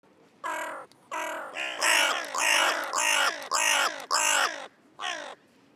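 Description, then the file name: Carrion crow giving a series of about eight harsh, hoarse caws, each roughly half a second long, in quick succession with short gaps, the middle ones loudest. "Corvus corone"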